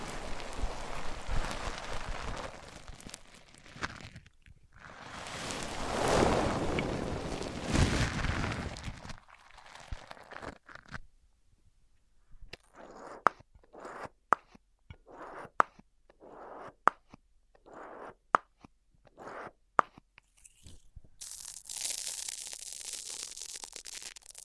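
Microphones being rubbed across different surfaces make a dense, scraping rush for the first nine seconds, swelling loudest around six seconds. After a short pause, the rubbing turns into choppy bursts with sharp clicks and taps about once a second, ending in a bright, hissy scrape.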